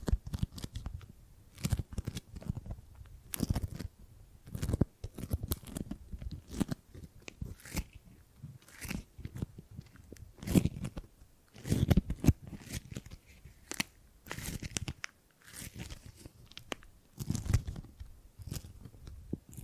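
Gripping and grabbing sounds: irregular crunchy, crackling handling noises with sharp bursts every second or so, quieter rustling between them.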